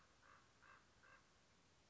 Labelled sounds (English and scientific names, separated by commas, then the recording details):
Common Raven (Corvus corax)
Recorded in Sonoma County, California